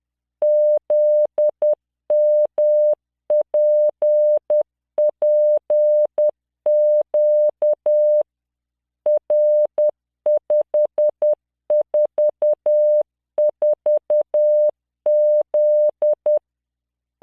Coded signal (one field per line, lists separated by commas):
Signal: Morse code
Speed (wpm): 10 wpm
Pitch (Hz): 600 Hz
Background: none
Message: ZMPPQ R544Z